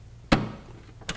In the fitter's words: snaps right in